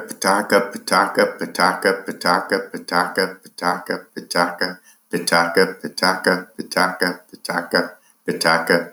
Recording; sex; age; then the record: repeated syllables /pa ta ka/; male; 60 to 69 years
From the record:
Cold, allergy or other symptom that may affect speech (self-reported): no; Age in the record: 68 years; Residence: New Mexico, United States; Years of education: 19